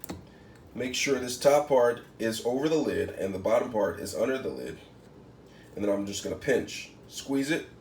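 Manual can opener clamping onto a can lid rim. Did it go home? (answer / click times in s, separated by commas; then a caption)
no / none. A manual can opener is set against a can, with its top part over the lid and its bottom part under it, ready for the handles to be squeezed until it clamps onto the lid rim. Someone talks throughout, with a couple of brief ticks near 0.0 and 0.1 seconds. Nothing has seated or clicked yet.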